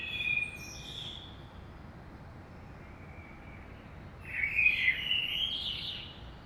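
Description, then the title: Common blackbird singing: a thin high twitter at the start, a quiet gap, then a rich warbling phrase rising into squeaky notes, with faint steady background noise. Saint-Gilles, Belgium; early morning; recorded with DPA 2006c microphones in AB stereo into a Zoom F3. "Saint-Gilles, Belgique - Blackbird - Merle"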